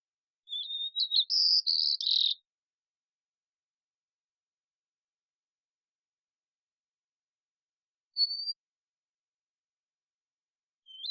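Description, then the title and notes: White-crowned sparrow song, a single phrase of whistled and buzzy notes lasting about two seconds, then a long silence broken by one brief high note and a final whistle start. Songs and calls, probably an immature bird learning the song or experimenting with variation; Pacific Northwest, Washington, United States; parabolic recording. "White-crowned Sparrow, Zonotrichia leucophrys, Songs and Calls, probably an immature bird learning the song or experimenting with variation, family: New World Sparrows Recorded in the beautiful Pacific Northwest, Washington, United States"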